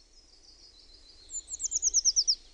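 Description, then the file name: Eurasian treecreeper song: a single high, silvery phrase of quick descending notes, with a fainter similar high trill before it. "PUUKIIPIJA"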